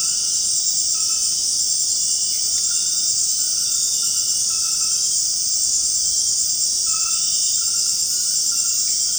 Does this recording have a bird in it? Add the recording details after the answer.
no. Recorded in secondary vegetation near Puerto Asís, Putumayo, Colombia, on 13 March 2025 at 21:00. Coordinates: 0.502, -76.326. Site G100